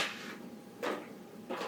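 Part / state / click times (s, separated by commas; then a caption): water hose into cat wheel housing / not seated / none. A water hose from a cat wheel kit is handled and pressed toward its housing, with soft broadband rustling and scraping bursts at the start and again near 0.8 s and 1.5 s. Nothing has seated or clicked yet.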